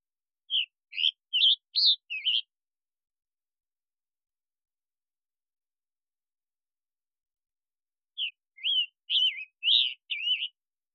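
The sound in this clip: Scarlet tanager song: two bursts of several hoarse, burry phrases, separated by about six seconds of silence.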